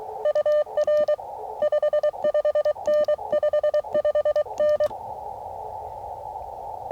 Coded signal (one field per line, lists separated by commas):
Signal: Morse code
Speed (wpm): 23 wpm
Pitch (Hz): 600 Hz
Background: none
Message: UR 55N 55N